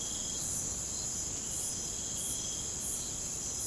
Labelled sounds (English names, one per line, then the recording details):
none
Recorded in pastures near Puerto Asís, Putumayo, Colombia, on 25 June 2025 at 01:30
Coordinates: 0.472, -76.331
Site G095